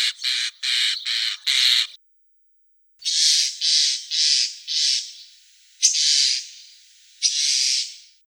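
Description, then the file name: Common starling giving harsh, rasping squawks: four quick notes, a pause, then a slower series of longer grating calls. "Sturnus vulgaris"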